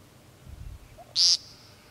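Woodcock giving a single sharp, high call, preceded by a faint soft low note, against quiet background hiss.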